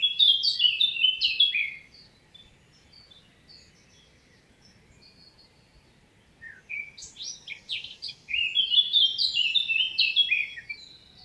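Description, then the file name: Eurasian blackcap song: a fluty phrase, several seconds of near silence, then another warble rising into loud whistled notes. "Sylvia atricapilla"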